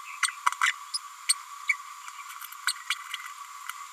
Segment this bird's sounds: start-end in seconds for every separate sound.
0.22-0.27, 0.61-0.74, 0.93-0.98, 1.28-1.35, 1.69-1.75, 2.67-2.74, 2.90-2.95, 3.13-3.16